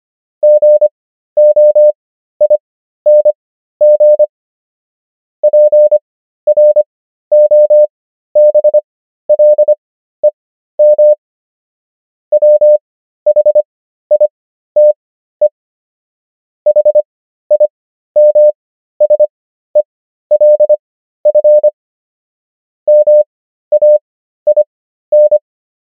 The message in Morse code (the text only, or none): GOING PROBLEM WHITE HIMSELF MAIN